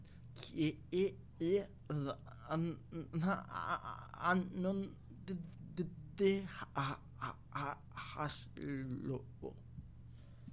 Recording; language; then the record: elicited speech; Bengali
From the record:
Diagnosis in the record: Broca's or global aphasia after a stroke